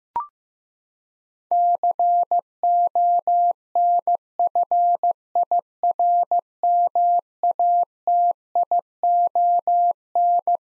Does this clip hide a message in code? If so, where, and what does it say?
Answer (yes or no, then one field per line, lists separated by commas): yes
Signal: Morse code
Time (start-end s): 1.5-10.6 s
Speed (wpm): 15 wpm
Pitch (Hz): 700 Hz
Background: none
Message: CONFIRMATION